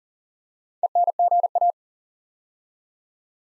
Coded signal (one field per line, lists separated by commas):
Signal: Morse code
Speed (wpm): 38 wpm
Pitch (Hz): 700 Hz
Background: none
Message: ENGA